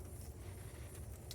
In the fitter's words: there we go look at that beauti snaps into place and these are soft uh